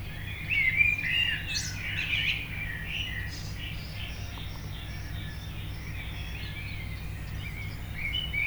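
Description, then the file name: Common blackbird giving a rich warbled phrase with thin high squeaks in the first few seconds, then only faint scattered notes above a constant low background hum. "Turdus merula"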